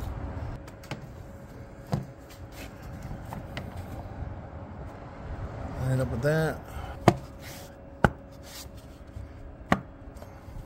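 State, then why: Seated. During a throttle body replacement on a 2010 Gen 3 Toyota Prius, a clamp or fitting on the throttle body intake is pushed into place while someone talks, with softer ticks around 0.9, 1.9 and 3.6 seconds. Three distinct, loud clicks follow at 7.1, 8.1 and 9.7 seconds, and the fitting is seated.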